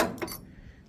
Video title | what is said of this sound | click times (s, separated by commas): A BETTER Gooseneck Coupler! GEN-Y SnapLatch Tube | locked in place again very very cool | 0.2 s